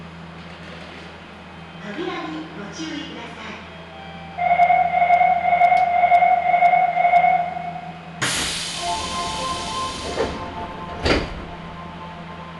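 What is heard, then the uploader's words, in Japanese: Inside a car of the Nagoya Municipal Subway Sakura-dori Line, a low steady rumble runs under faint voices. From about 4 to 8 seconds a loud sustained tone sounds, then a sudden hiss near 8 seconds, likely doors, with a sharp clack near 11 seconds. 名古屋市営地下鉄桜通線 太閤通→徳重。桜通線の太閤通から徳重までの全区間を乗った時のものです。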